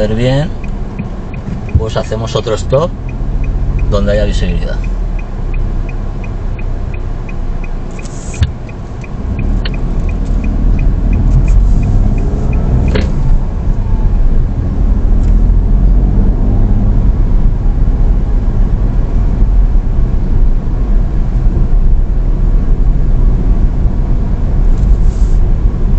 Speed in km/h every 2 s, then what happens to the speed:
0, 0, 2, 0, 0, 15, 18, 25, 27, 28, 28, 28, 29.
0-8 standing. 8-15 pulls away to 27. 15-26 steady at about 28.